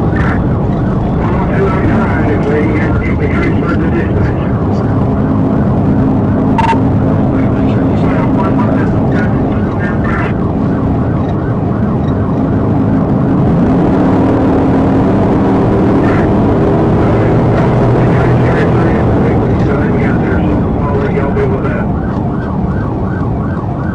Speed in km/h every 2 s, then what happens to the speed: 137, 132, 132, 135, 135, 135, 137, 147, 153, 155, 124, 108.
0-11 steady at about 135. 11-18 speeds up to 155. 18-24 brakes to 108.